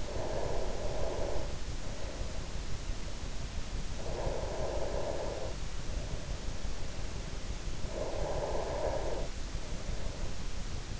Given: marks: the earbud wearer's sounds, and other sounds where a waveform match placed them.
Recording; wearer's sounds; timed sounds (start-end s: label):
sounds in sleep by an in-ear microphone; breath
0.00-3.63 s: breath
3.85-7.59 s: breath
7.81-11.00 s: breath